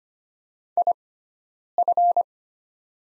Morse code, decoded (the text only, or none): IF